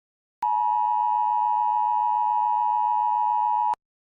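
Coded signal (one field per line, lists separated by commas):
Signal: Emergency Alert System (SAME) tones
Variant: 853 and 960 Hz attention tone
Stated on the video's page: Fictional end-of-the-world EAS scenario about an asteroid.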